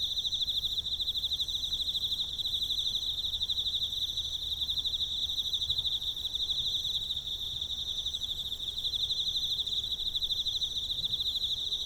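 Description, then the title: Emma field cricket song, a steady pulsing high trill that runs without a break throughout, with a fainter high band above it. Recorded with a ZOOM F6 and a Sennheiser MK microphone; the recordist's favourite insect voice. "エンマコオロギ"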